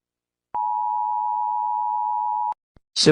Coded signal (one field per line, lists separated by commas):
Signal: Emergency Alert System (SAME) tones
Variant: 853 and 960 Hz attention tone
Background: speech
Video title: Wrath Of The Blood Moon (OMEGA EAS SCENARIO)